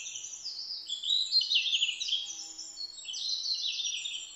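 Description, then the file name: Red-flanked bluetail song: high, sweet warbled phrases with overlapping notes, loudest in the first half and rising again later, with no other clear sounds. Recorded 12 July 2009. "ruribitaki 20090712"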